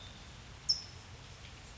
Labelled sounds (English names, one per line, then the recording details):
California Towhee
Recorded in Sonoma County, California